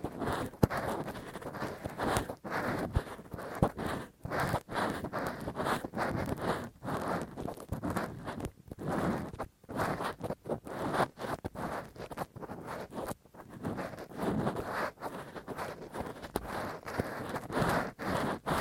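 Rough, deep ear cleaning with a Q-tip and ear pick: dense, rapid scratching and rubbing that continues throughout with brief pauses and sharp clicks.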